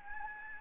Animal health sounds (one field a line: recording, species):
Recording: mosquito wingbeat signal from an infrared sensor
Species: Anopheles gambiae